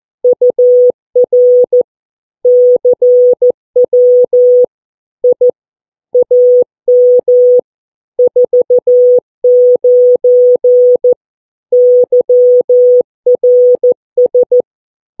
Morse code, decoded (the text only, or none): UR CW I AM 49 YRS